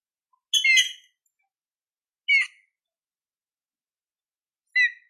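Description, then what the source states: Green-winged saltator song: three brief whistled phrases about two seconds apart, the first fuller and more complex, the later ones short downslurred whistles. Classic song style (canto clássico), used for training birds.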